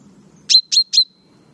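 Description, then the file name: Common chaffinch gives three quick, sharp high notes, each a falling stroke that settles on a thin sustained tone, with faint low noise behind. "Fringilla coelebs"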